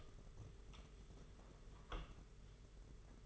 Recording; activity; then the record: daily activity, microphone in the room; open door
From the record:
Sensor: 4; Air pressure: 992.4 hPa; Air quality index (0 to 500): 112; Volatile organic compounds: 20 ppm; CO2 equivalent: 2687 ppm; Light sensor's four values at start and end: 21/74/27/28 and 21/73/26/28